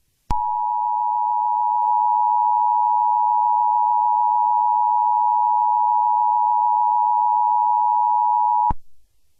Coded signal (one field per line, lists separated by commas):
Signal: Emergency Alert System (SAME) tones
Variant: 853 and 960 Hz attention tone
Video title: EAS Scenario #10: Dare County Disappearances